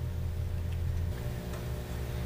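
A strut channel nut is inserted and lined up in a steel strut channel before being rotated to lock. A steady low hum runs throughout, with faint light ticks and scrapes of handling. Nothing has clicked or locked yet.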